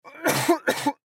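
Two short, harsh bursts about half a second apart, with no wet rattle or mucus sound between them. An acted dry double cough from a 25-year-old male.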